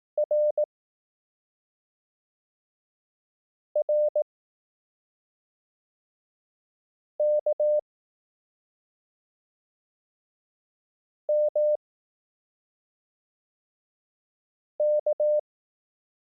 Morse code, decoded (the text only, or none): R R K M K